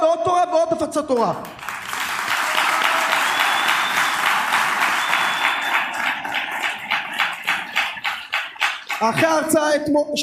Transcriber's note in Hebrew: הקהל מוחא כפים